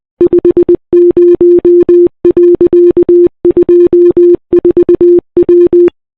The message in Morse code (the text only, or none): 50.24W